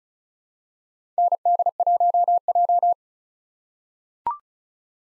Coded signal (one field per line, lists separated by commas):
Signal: Morse code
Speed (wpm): 34 wpm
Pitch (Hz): 700 Hz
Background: none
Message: ND1J